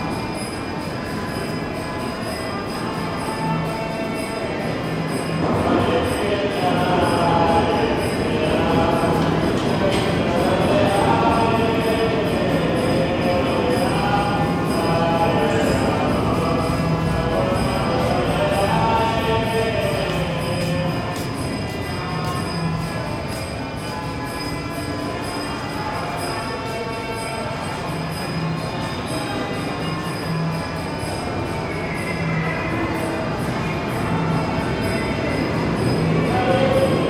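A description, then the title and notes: Beneath Manhattan, a subway station carries a steady wash of passenger chatter and the rumble of trains. Voices overlap thickly throughout, with faint ringing tones and a persistent high whine above the crowd. The din swells slightly mid-way, then eases. Buried beneath Manhattan, the echoes of hundreds of passengers mingle with subway cars and a group of four men.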